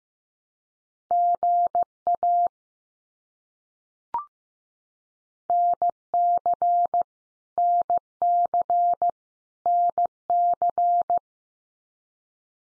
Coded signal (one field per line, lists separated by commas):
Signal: Morse code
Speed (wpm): 15 wpm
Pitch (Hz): 700 Hz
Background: none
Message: GA NC NC NC